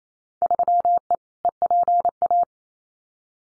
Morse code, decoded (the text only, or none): 3E EPA